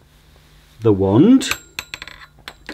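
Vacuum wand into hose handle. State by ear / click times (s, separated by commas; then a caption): seated / 2.5 s. A metal wand of a Miele Swing H1 Electro Ecoline lightweight canister vacuum is pushed onto the hose handle while someone talks. A series of sharp metallic clicks and clatters follows, and the wand latches and seats into the handle with a click at 2.5 s.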